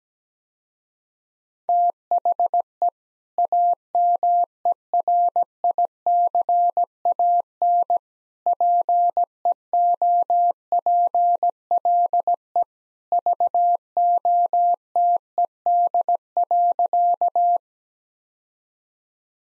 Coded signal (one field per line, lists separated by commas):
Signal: Morse code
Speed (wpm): 17 wpm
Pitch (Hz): 700 Hz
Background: none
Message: THE AMERICAN PEOPLE VOTED.